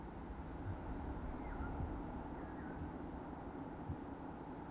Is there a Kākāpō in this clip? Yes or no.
yes